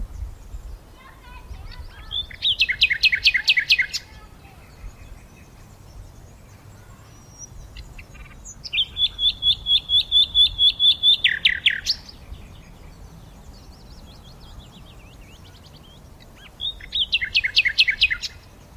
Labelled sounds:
Common Nightingale song

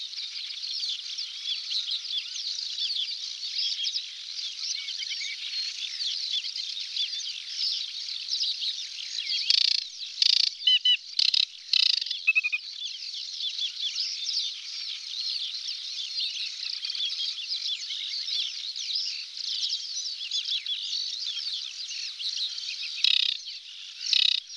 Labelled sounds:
Aquatic Warbler song

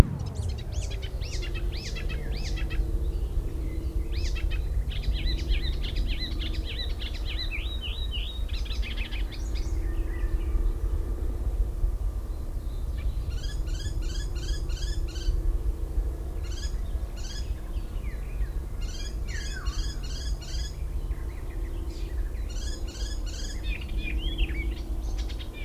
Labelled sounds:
Marsh Warbler song

